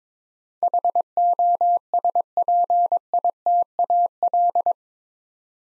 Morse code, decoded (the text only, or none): HOSPITAL